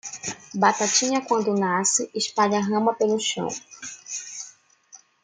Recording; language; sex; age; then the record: short text; Brazilian Portuguese; female; 20 to 29 years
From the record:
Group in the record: control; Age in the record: 29 years